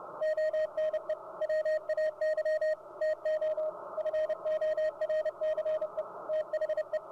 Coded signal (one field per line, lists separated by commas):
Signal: Morse code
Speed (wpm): 30 wpm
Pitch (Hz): 620 Hz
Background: radio noise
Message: ONE WAY TO FORCE THE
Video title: Ham Radio Deluxe or HRD Decoding CW Morse Code